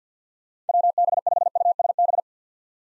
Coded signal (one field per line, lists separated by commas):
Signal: Morse code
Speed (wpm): 50 wpm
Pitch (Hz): 700 Hz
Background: none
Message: WB5USB